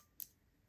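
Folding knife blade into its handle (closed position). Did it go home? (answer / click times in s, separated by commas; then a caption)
yes / 0.2 s. A Pena X Series Apache kick-stop folding knife blade is closed into its handle using its kick-stop flipper tab. A single sharp, high-pitched tick at 0.2 s marks the blade shutting and locking in place. The blade locks closed with no rattle or movement.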